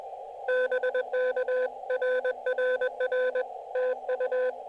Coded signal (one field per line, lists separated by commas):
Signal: Morse code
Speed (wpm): 21 wpm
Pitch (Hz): 1500 Hz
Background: none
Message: BK RRR TU